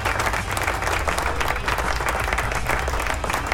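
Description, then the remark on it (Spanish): Steady applause from a group, many hands clapping in a dense, continuous patter that stays evenly loud for a few seconds with no voices standing out. “Así que un aplauso para Pablo Metalosaurio.”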